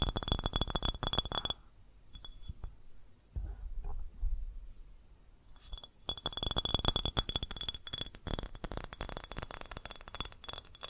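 Rapid tapping on glass and ceramic objects makes dense bursts of bright clinks, with a ringing tone running under them, from the start to about 1.5 seconds and again from about 6 seconds to the end. In between, the clinks stop and only soft low knocks and scattered small ticks remain.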